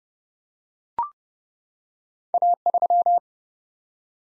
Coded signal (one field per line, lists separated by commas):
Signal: Morse code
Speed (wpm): 30 wpm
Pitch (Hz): 700 Hz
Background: none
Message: A3